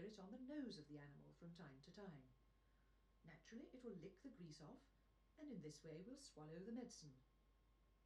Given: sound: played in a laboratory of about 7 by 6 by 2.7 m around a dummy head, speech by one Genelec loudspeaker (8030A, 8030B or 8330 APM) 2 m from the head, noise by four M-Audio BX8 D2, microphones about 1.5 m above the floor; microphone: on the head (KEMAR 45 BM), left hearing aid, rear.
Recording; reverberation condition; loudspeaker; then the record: female speech in English; low; 120 degrees to the right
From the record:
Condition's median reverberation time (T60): about 310 ms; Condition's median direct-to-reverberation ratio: about 3.5 dB